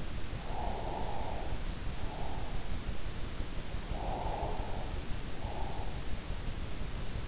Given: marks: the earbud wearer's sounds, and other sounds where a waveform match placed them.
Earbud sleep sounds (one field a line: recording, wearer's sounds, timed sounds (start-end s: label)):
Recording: sounds in sleep by an in-ear microphone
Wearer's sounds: breath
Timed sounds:
0.37-2.48 s: breath
4.09-5.84 s: breath